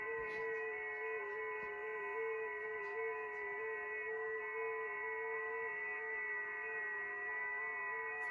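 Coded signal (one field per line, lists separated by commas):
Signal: FT8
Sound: several steady overlapping warbling tones at once, like a faint chord, over radio hiss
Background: radio static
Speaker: all right receiving again we could turn the volume on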